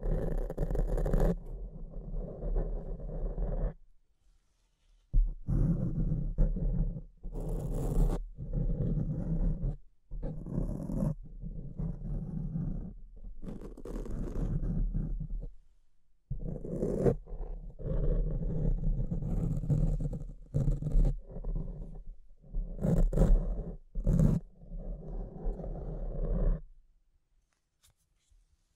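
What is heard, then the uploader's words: Microphone scratching fills most of the recording as a dense, rough rumble, strongest in the low end, with crackling bursts reaching up high. It comes in irregular stretches broken by short silences near 4, 10, 16 seconds and after 27 seconds. ASMR Brain Melting Mic Scratching (No Talking).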